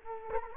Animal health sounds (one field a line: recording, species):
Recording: mosquito wingbeat signal from an infrared sensor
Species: Culex quinquefasciatus